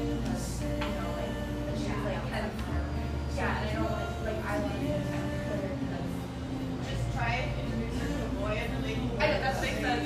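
Café sounds from a little drip coffee joint in eastern Seattle: overlapping voices talk steadily, with a woman's voice standing out at times. A low, constant hum runs underneath, and short bright clinks and rustles pop up around three, seven and nine seconds.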